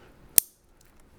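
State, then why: Seated. The first keyed plastic connector on a Morimoto XB LED tail light is pushed onto the matching factory wiring harness plug of a Toyota Tundra. It seats with one sharp, bright snap at 0.4 s, followed by near silence and a couple of faint ticks around 0.8 s and 1.0 s.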